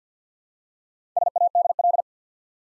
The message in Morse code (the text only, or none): SADL